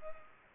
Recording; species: mosquito wingbeat signal from an infrared sensor; Culex pipiens